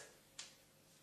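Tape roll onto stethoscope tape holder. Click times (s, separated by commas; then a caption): 0.4 s. A standard 1-inch roll of medical tape is slid onto the plastic securing device of a StatGear S3-STAT stethoscope tape holder. A single short, bright click sounds at 0.4 s over a faint steady hiss. The click shows the roll has locked into place.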